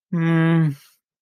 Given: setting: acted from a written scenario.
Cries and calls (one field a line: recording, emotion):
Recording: vocal sound without words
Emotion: neutral